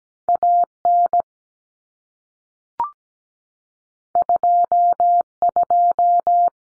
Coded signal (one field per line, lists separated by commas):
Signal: Morse code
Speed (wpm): 17 wpm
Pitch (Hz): 700 Hz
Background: none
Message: AN 22